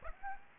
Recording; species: mosquito wingbeat signal from an infrared sensor; Aedes aegypti